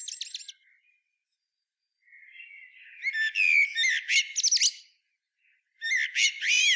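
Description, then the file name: Common blackbird producing a soft, thin strained note followed by loud, high-pitched twittering and squeaky chatter in short bursts. "Turdus merula"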